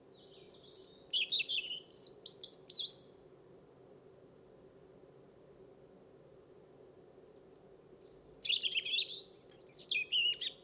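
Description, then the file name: European robin singing two tumbling, warbling phrases of high trills and slides, separated by about five seconds of quiet, low background hum throughout. "Erithacus rubecula"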